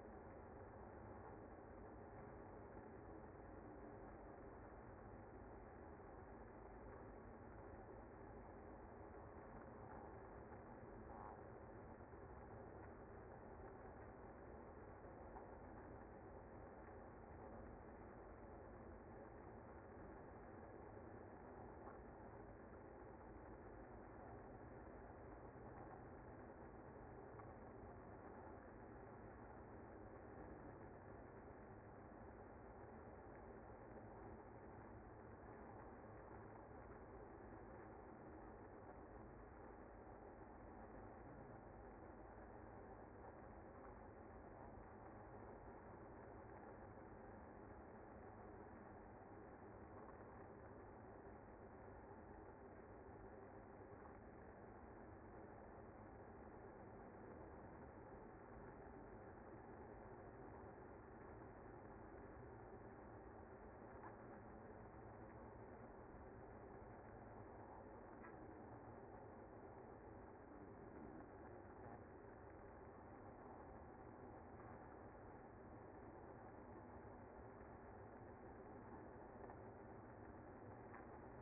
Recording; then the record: honeybee colony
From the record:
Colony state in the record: active